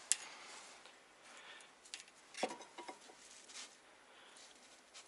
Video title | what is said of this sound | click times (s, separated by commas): Замена передних и задних колодок Porsche Cayenne 955 & 957 | it, that is, it literally snaps into place and everything in order to stick the sensor out | 0.1 s